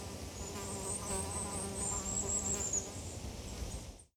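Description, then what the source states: Insect buzzing, a steady wavering drone with layered overtones throughout before fading out, with faint high bird chirps and low background rumble. Forest atmosphere with wind rustle, birds and a plane.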